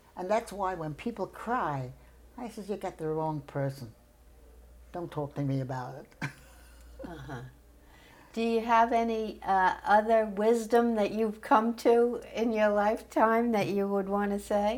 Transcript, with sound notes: and that's why, when people cry, I says, "You got the wrong person. Don't talk to me about it." [laughs]
Uh-huh. Do you have any other wisdom that you've come to in your lifetime that you would want to say?